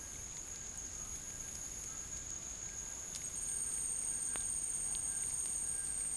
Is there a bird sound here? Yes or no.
yes